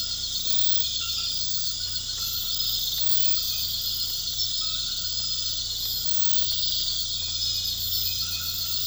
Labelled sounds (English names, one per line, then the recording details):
none
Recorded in pastures near Puerto Asís, Putumayo, Colombia, on 8 March 2025 at 00:30
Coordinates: 0.472, -76.329
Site G074